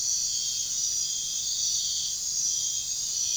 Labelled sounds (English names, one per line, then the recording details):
none
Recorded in pastures near Puerto Asís, Putumayo, Colombia, on 23 June 2025 at 02:30
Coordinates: 0.466, -76.322
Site GP07